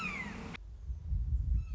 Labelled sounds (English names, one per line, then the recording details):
Red-shouldered Hawk
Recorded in Sonoma County, California